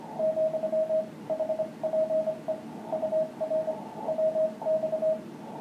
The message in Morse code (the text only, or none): ,HPE UR WX